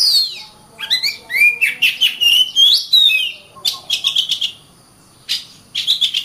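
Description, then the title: Oriental magpie-robin singing a varied run of rising and falling whistles, then quick chattering notes, a pause, and a short final burst; faint steady high tone in the background. Master recording for training birds. "KACER MASTER"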